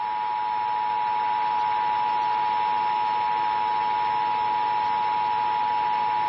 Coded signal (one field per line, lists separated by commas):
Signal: Emergency Alert System (SAME) tones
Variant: 853 and 960 Hz attention tone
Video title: DIRECTV Eas